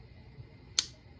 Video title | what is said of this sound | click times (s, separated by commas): Glock 19 Gen 4 take down and cleaning. | you'll hear it click. | 0.8 s